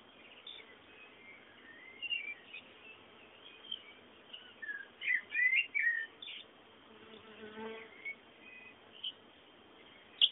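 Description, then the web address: Bird song, scattered soft chirps building to a brief bright twittering burst midway, with a faint buzzy rattle and a sharp final chip. Bird sounds meant as background ambience. "sounds fondo pajaros"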